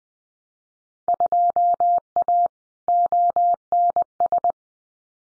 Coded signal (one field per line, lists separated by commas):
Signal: Morse code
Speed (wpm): 20 wpm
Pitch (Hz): 700 Hz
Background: none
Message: 2A ONS